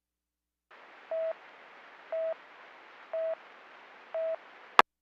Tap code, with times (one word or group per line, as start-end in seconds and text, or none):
none